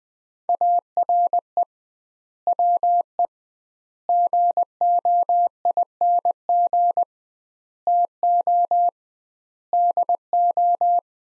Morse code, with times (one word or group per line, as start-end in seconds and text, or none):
0.5-1.6 ARE
2.5-3.3 WE
4.1-7.0 GOING
7.9-8.9 TO
9.7-11.0 DO